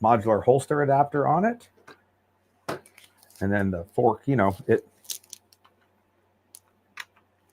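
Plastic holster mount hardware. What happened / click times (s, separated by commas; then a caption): The holster fork is handled but not yet seated in its receiver / none. Someone talks while handling a True North modular holster adapter mounted on an HRT Arc belt, bringing the quick-release fork of the holster adapter toward its belt-mounted receiver plate. After the talking, a few small sharp taps and ticks of handling are heard. Nothing has seated or clicked into place yet.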